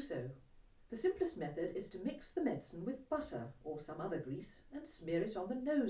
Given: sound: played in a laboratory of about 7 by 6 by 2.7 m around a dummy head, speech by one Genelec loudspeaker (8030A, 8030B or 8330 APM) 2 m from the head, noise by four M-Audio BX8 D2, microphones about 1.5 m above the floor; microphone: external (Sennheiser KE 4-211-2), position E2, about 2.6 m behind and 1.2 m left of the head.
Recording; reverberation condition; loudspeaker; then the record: female speech in English; low; 60 degrees to the left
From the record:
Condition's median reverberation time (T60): about 310 ms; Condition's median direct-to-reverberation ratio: about 3.5 dB